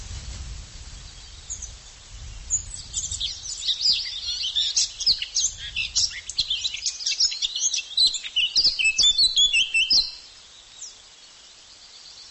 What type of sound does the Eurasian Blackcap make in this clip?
song